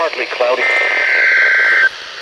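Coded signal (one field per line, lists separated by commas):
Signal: Emergency Alert System (SAME) tones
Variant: header bursts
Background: speech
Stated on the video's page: Real severe thunderstorm watch received from weather radio station WXK47.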